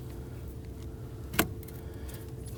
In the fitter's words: clockwise. That locks into place.